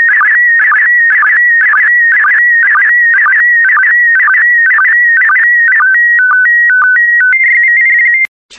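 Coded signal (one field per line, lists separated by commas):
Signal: SSTV (slow-scan television)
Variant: PD120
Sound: warbling tone in steady repeating lines, ending in a few stepped beeping tones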